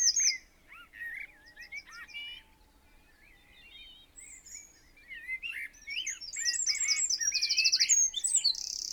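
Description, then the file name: Eurasian wren song, varied twittering phrases and high rattling trills building toward the end. "Troglodytes troglodytes"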